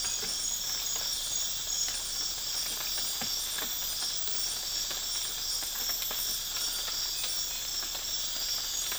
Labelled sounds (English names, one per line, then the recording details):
none
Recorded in dense forest near Puerto Asís, Putumayo, Colombia, on 12 March 2025 at 04:00
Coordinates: 0.484, -76.325
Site G045